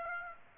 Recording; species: mosquito wingbeat signal from an infrared sensor; Aedes aegypti